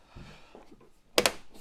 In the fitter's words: You'll hear it click. There. Just check that's secure.